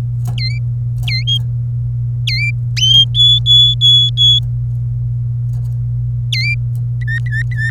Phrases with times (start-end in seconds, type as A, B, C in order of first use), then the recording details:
0.38-0.58 A, 1.07-1.24 A, 2.27-2.50 A, 3.15-4.39 B, 6.33-6.54 A, 7.02-7.70 C. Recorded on 26 April 2018 at 16:32. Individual llb3